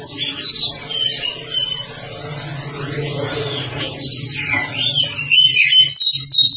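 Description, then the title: Oriental magpie-robin song, a busy stream of high whistled and sweeping notes, some rising and falling, over a steady low hum. Song described as long-duration (durasi panjang). "Kacer"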